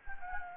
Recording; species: mosquito wingbeat signal from an infrared sensor; Anopheles gambiae